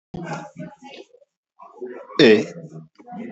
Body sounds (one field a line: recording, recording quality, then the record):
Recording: sustained vowel as in made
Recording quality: excellent, no background noise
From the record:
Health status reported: healthy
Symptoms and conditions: none ticked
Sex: male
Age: 36 years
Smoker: not ticked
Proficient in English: yes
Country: India